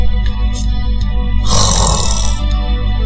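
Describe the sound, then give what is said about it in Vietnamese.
A deep, rumbling snore with a low throaty drone, swelling into one loud, raspy breath in the middle before settling back to the low rumble. “Không phải chứ, thoáng một cái mà đã ngủ cò quay, lại còn ngáy nữa.”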